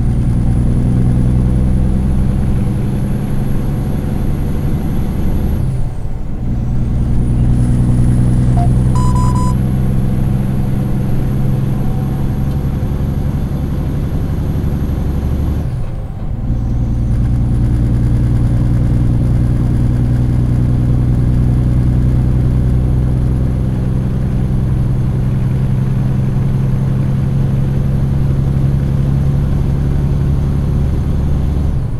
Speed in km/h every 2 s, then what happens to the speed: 50, 54, 57, 57, 57, 62, 64, 66, 64, 66, 67, 69, 71, 73, 76, 78.
0-32 speeds up to 78.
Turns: none.